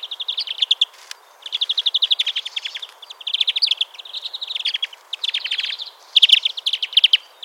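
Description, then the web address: European greenfinch delivering quick trilled chirps in run after run, each burst around a second long, with brief gaps between them. "SETE Chloris chloris"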